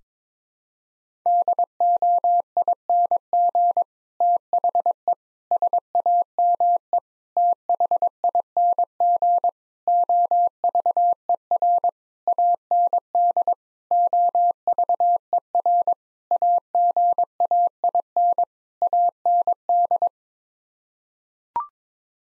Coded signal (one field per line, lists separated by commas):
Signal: Morse code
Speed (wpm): 22 wpm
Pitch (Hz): 700 Hz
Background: none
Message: DOING THE SAME THING OVER AND OVER AGAIN AND